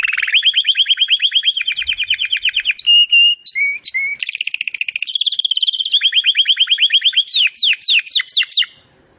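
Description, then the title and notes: Domestic canary delivering a continuous song of rolling trills and buzzy passages, short steady whistles in the middle, and rapid sweeping notes toward the end. Belgian canary of the Campainha type, singing. "Canário Belga Campainha Canary Singing. Canario Belga Cantando"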